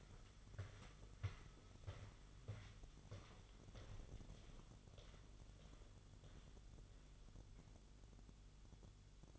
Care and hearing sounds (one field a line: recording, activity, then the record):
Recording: daily activity, microphone in the room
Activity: walk to room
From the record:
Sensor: 4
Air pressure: 1009.0 hPa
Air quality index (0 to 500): 140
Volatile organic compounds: 2 ppm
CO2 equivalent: 1012 ppm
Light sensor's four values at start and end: 12/27/11/11 and 15/35/14/13